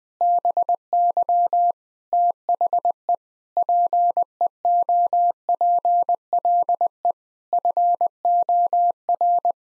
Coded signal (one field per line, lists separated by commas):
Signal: Morse code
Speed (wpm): 20 wpm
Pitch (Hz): 700 Hz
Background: none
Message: BY THE PEOPLE FOR